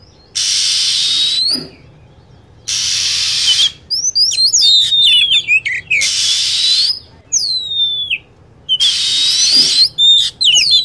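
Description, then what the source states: Lovebird calling: four long raspy screeches. Between them come bursts of rapid, high, twisting chirps that slide downward. Lure recording for attracting birds.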